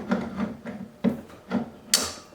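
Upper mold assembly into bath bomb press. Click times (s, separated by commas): 1.9 s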